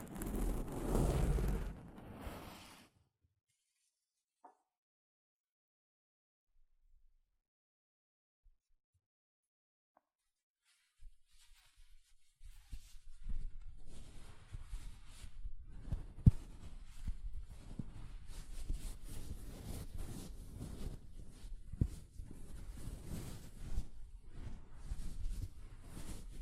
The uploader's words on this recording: ASMR Mic Brushing using Soft Fabric (No Talking).